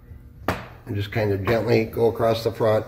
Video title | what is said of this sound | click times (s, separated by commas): Dell Inspiron 5575 M.2 SSD Upgrade, Memory Upgrade & Clean Windows 10 Install | you hear a couple clicks and pops which is good | 0.5 s